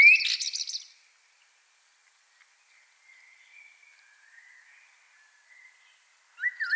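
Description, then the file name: Common blackbird song: the high twittering end of a phrase, faint fluted notes in between, and a new phrase beginning at the end. "Turdus merula"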